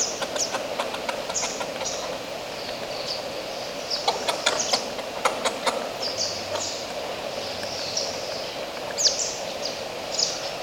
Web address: sound Oilbird. صدای-مرغ-روغنی